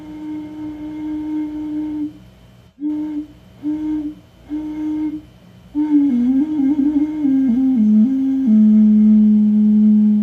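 A Tibetan singing bowl rings a steady tone, breaks into short pulses, then wavers and shifts pitch before settling lower for the last two seconds.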